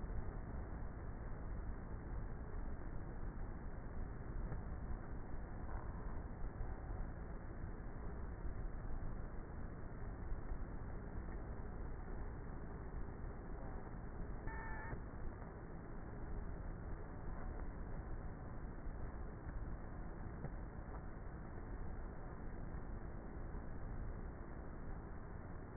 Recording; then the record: honeybee colony, microphone inside the hive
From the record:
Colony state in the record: queenless with a low population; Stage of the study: before two queens were removed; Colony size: about 30,000 bees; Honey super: no